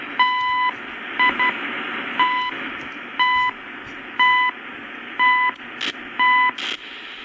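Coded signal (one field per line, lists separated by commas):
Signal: radio time signal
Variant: CHU Canada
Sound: seven 1 kHz ticks a second apart, the first one longer, over hiss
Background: radio static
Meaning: Each tick marks one second; the longer tone marks a minute or hour boundary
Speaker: CHU time signal, 7850 is it? Kilohertz, I think? Yeah.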